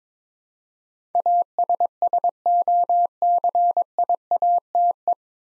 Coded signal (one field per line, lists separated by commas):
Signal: Morse code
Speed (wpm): 22 wpm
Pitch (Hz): 700 Hz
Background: none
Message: ASSOCIATE